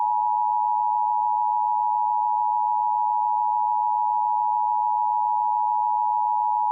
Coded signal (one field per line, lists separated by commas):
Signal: Emergency Alert System (SAME) tones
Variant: 853 and 960 Hz attention tone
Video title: EAS Mini Compilation Northeast Ohio and Northern Pennsylvania November Strom NOAA Weather Radio